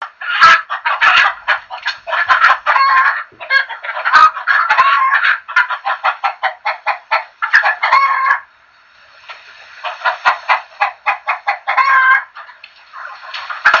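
Chickens clucking steadily in a group, bursts of quick repeated clucks with a few drawn-out cackling notes and a short quieter pause midway.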